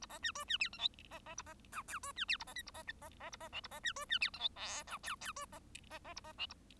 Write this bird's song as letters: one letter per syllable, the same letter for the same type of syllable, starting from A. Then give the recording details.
A B C D C E F G B B A B H I D C E A B J A B B B A B K A B C D C E F G L H I I D B B B A B K A. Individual Bird1